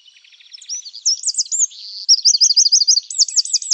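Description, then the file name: Eurasian wren song, a loud high-pitched cascade of quick twittering notes that builds into fast rolling trills and repeated looped phrases. "Troglodytes troglodytes"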